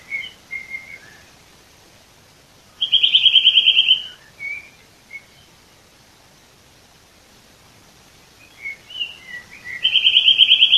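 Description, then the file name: Eurasian nuthatch giving rapid piping trills, separated by scattered high chirps and quiet gaps. "Sitta europaea"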